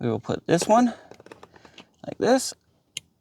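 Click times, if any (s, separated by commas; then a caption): 3.0 s. Someone talks while joining the first plastic wiring harness connector from a Tesla Model 3 rear screen kit into the vehicle's cable plug, with faint small taps and clicks between 1.3 and 1.8 seconds. A single loud, sharp click at 3.0 s marks the connector seating firmly in place.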